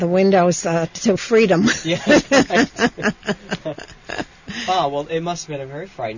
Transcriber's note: they laugh